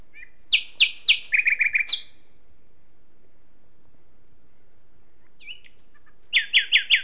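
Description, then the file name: Common nightingale song: loud evenly spaced chirps speeding into a rattle of repeated notes, a long silence with a faint whistle, then another series of strong repeated chirps. "Luscinia megarhynchos"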